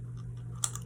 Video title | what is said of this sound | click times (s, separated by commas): Can’t take the smile off my face! 💙 | You hear the pop? | 0.6 s